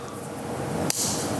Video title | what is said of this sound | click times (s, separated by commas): Fade with only 1 Guard?!? Blur Guard .5 to 1.5 Review | okay takes a little pressure so you guys can see I got it on the babyless custom FX did take a little bit of pressure to snap on | 0.9 s